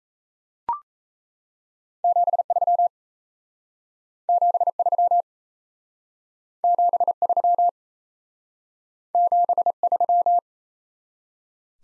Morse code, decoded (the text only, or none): 73 73 73 73